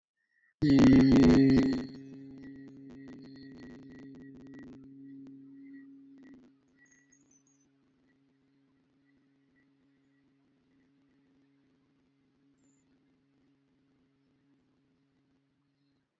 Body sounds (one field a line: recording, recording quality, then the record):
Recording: sustained vowel as in beet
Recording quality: excellent, no background noise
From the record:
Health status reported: healthy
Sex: male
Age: 23 years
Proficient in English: yes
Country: India